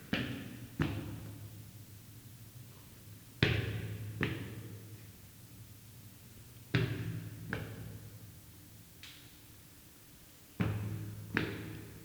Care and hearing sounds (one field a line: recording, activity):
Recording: daily activity, guitar pickup as the sensor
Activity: go upstairs